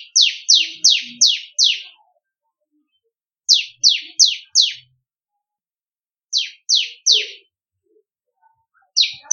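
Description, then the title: Bar-winged prinia song: bursts of three to five sharp, high, downslurred chips, each burst separated by short pauses; otherwise quiet. Song style labelled kristal. "Ciblek Kristal"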